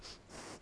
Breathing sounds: one breath in and out by a microphone near the nose and mouth; strong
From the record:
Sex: male

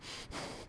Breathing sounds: one breath in and out by a microphone near the nose and mouth; strong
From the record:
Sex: male

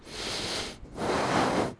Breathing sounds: one breath in and out by a microphone near the nose and mouth; deep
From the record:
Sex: male

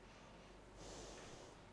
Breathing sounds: one breath in and out by a microphone near the nose and mouth; normal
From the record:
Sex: female

